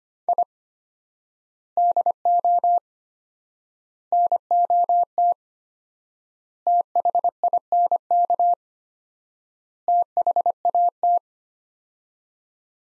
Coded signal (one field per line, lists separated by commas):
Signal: Morse code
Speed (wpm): 25 wpm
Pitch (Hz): 700 Hz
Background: none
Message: I DO NOT THINK THAT